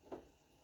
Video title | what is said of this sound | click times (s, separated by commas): Trafic Primastar Vivaro 2.0 115 Front bumper & alternator removal | It's in latches, so it will pop off. | 0.1 s